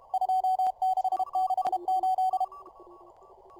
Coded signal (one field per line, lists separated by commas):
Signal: Morse code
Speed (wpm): 33 wpm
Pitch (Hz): 750 Hz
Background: radio noise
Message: 2668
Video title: Spotting CW signals with the N4PY software